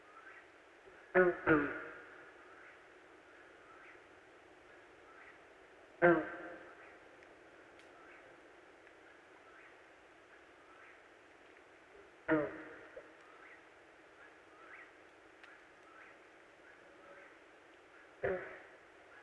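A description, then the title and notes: An Eastern Whip-poor-will repeats its call steadily over a hissing background, broken by loud sharp knocks roughly every six seconds. Sounds of Perch Lake: The Mesmerizing Persistence of the Eastern Whip-poor-will. This week we are, once again, on the shores of Perch Lake in Grand Traverse County, Michigan.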